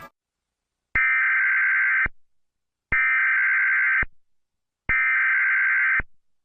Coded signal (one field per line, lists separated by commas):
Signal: Emergency Alert System (SAME) tones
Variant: header bursts